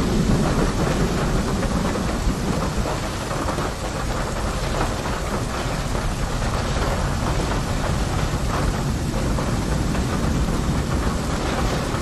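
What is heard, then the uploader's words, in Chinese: Rain falls steadily throughout, a dense, even patter of drops landing on the ground with no pauses. A deep, constant rumble sits underneath, and the level barely shifts over the twelve seconds, giving a full, unbroken downpour sound. 滴答落地雨声。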